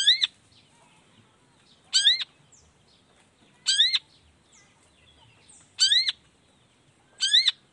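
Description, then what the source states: Long-tailed shrike calls: nasal, ringing, upslurred notes repeated about every two seconds, with a few faint high chips between. Morning recording featuring 'toet toet' notes and voice variations, played to stimulate lazy, silent shrikes to start singing along.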